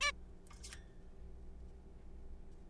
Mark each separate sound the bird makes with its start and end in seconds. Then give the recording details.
0.01-0.12. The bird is a juvenile. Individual R3428